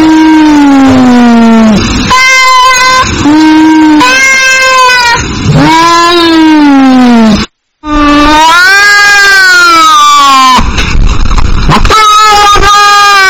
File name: Cat Meowing Ear Rape